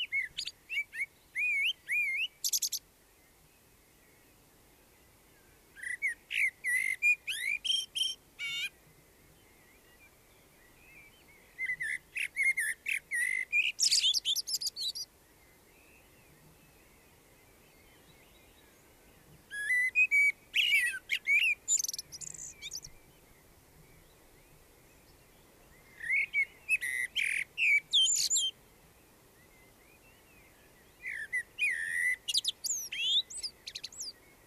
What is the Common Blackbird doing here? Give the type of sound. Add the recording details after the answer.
song. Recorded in the wild. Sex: male. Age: adult. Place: Garmisch-Partenkirchen, Bayern, DE. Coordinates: 47.4922, 11.0728. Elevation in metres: 709. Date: 1968-04-24. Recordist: Tretzel, Erwin. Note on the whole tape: Maximilianstraße, Aufgang zur Almhütte, Garmisch-Partenkirchen: Gesang